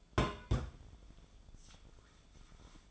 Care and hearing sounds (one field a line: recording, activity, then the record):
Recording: daily activity, microphone in the room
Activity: place on stove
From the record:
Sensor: 5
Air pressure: 1010.0 hPa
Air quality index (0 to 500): 151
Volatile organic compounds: 3 ppm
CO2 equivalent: 1473 ppm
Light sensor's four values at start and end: 256/610/265/295 and 253/614/262/288